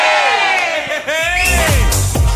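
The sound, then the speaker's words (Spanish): The live audience of the show Olvidate de Todo roars and cheers continuously, with overlapping shouts and whoops rising and falling in pitch, a few sharp yells standing out above the sustained wall of noise. “¿Se pegan un grito todos?”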